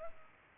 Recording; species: mosquito wingbeat signal from an infrared sensor; Culex pipiens